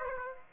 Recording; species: mosquito wingbeat signal from an infrared sensor; Aedes aegypti